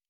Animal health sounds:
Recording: hydrophone in a shrimp aquaculture tank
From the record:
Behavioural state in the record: normal

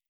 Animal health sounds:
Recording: hydrophone in a shrimp aquaculture tank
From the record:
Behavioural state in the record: feeding

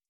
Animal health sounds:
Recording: hydrophone in a shrimp aquaculture tank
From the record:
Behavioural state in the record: starved

